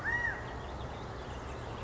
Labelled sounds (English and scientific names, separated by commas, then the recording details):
California Quail (Callipepla californica)
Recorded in Sonoma County, California